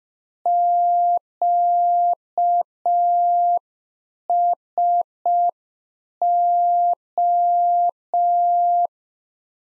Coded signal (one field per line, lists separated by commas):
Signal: Morse code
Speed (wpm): 5 wpm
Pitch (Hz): 700 Hz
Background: none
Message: QSO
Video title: Practice QSO - Exchange 4- Ending - 5wpm